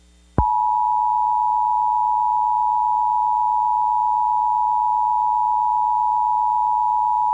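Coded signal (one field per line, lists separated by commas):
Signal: Emergency Alert System (SAME) tones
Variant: 853 and 960 Hz attention tone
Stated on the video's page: Fictional EAS scenario containing valid tones, not a real alert.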